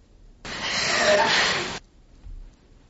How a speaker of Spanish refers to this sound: es que la respiración escuchada así pone los pelos de punta, ¿eh? Seccionada la psicofonía, escuchamos de nuevo esa respiración que, por cierto, parece es que alguien que está, no sé, respirando muy mal.